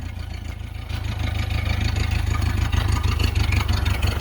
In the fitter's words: door not latching very well huh